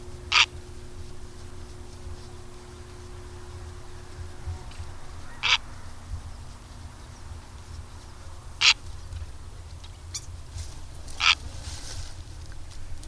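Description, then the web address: Purple heron giving short, harsh, rasping calls, four abrupt bursts spread over several seconds above a low steady rumble. "agykontroll Madardalok Cd 3. Vörös gém"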